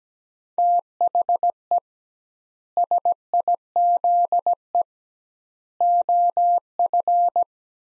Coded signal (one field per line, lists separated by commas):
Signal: Morse code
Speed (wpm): 17 wpm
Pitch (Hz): 700 Hz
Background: none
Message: THE SIZE OF